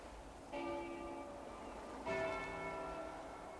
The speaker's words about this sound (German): Professor! Hören Sie das? Glocken! Glocken, Professor! Das ist nichts von Bedeutung. Die Kirchenglocken haben sich wahrscheinlich gelockert. Der Wind bewegt sie, das ist alles.